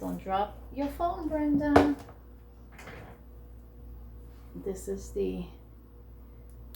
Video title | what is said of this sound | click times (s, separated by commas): HELLO KITTY CROCHET & More #crochethook #boggycamp2024 #crochetsupplies | you see it snapped right in there this is there it's not coming off | 6.5 s, 6.8 s